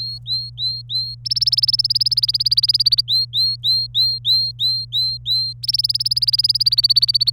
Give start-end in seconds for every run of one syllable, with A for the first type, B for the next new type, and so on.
0.00-1.15 A, 1.25-3.01 B, 3.08-5.53 A, 5.63-7.30 B